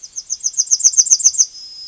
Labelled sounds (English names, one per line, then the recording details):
Yellowhammer song
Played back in forest
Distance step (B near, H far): B
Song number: 012